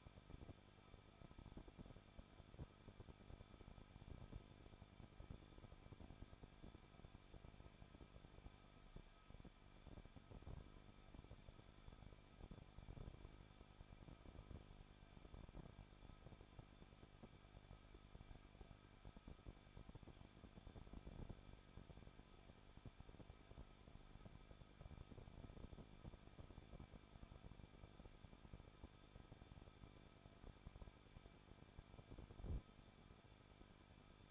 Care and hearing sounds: daily activity, microphone in the room; no activity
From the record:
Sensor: 5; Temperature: 20.8 degrees Celsius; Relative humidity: 38.6%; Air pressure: 1006.5 hPa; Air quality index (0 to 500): 192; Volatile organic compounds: 21 ppm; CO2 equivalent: 2713 ppm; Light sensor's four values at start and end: 2/3/1/1 and 2/3/1/1

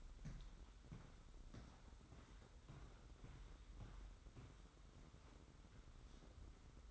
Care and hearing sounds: daily activity, microphone in the room; walk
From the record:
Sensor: 3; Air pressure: 990.7 hPa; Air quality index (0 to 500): 171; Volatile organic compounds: 1000 ppm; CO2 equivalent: 5531 ppm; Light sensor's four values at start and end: 37/87/35/33 and 36/85/34/33

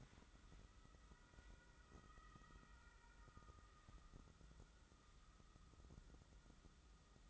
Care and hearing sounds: daily activity, microphone in the room; wipe stove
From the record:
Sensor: 3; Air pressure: 996.1 hPa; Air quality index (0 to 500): 92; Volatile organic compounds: 11 ppm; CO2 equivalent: 2293 ppm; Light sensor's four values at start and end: 26/79/33/28 and 26/79/33/28

